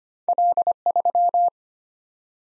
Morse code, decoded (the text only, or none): L3